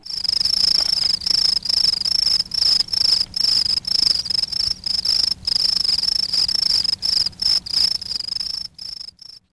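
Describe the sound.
Cricket chirping: a high, shrill pulsing trill in bursts with brief gaps.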